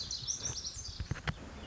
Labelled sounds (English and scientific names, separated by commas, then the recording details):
Pacific Wren (Troglodytes pacificus)
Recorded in Sonoma County, California